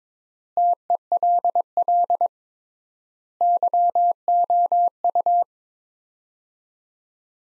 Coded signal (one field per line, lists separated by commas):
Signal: Morse code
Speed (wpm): 22 wpm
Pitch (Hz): 700 Hz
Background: none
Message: TELL YOU